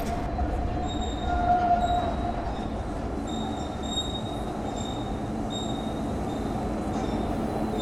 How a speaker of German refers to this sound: Hier befand sich 2020 eine vielbefahrene Straße. Jetzt sind die ganzen Autos verschwunden und es fährt nun eine U-Bahn.